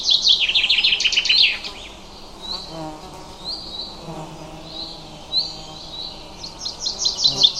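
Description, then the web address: Bird twittering: a loud, fast run of high chirps opens, fades into scattered soft high notes, then rapid chirping returns at the end. "Bird Only"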